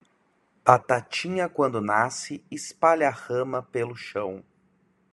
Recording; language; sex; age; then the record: short text; Brazilian Portuguese; male; 30 to 39 years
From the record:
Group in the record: control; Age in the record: 30 years